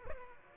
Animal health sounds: mosquito wingbeat signal from an infrared sensor; Aedes aegypti

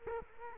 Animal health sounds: mosquito wingbeat signal from an infrared sensor; Culex quinquefasciatus

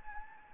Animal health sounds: mosquito wingbeat signal from an infrared sensor; Anopheles gambiae

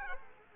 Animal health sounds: mosquito wingbeat signal from an infrared sensor; Culex quinquefasciatus

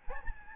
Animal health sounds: mosquito wingbeat signal from an infrared sensor; Aedes albopictus

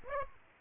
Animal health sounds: mosquito wingbeat signal from an infrared sensor; Aedes aegypti

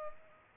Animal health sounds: mosquito wingbeat signal from an infrared sensor; Culex pipiens

